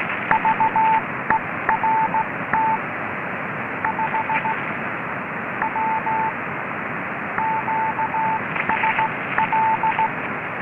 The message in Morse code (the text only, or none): VERT 5W QSL